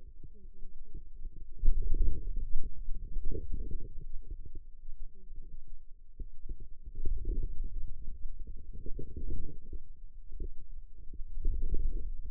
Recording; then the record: forearm muscle sounds (acoustic myography)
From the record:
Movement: wrist flexion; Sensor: system 2, bracelet of six BSWA MPA416 microphones around the upper forearm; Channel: 5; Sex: female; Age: 21 years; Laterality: right